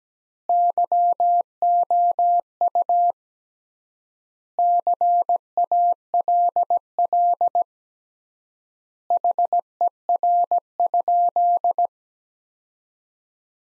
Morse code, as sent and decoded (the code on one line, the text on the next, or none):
-.-- --- ..- / -.-. .- .-.. .-.. / .... . .-. ..--..
YOU CALL HER?